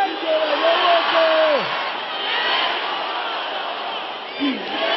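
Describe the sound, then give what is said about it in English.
An audience shouts the prayer "Disgrace my mockers" together in a dense, continuous roar of voices. One long cry slides downward in pitch early on, and another brief shout rises above the crowd near the end. “Can I hear you shouting it?”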